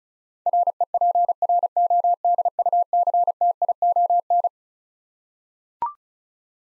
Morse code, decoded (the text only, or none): REPRODUCTION